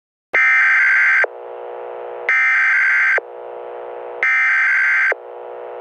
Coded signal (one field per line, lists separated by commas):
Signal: Emergency Alert System (SAME) tones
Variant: header bursts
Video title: End of the World | EAS Apocalypse Simulation